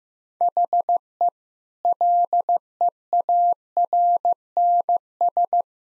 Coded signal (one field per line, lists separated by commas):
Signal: Morse code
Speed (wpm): 15 wpm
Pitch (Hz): 700 Hz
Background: none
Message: HE LEARNS